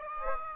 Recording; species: mosquito wingbeat signal from an infrared sensor; Aedes aegypti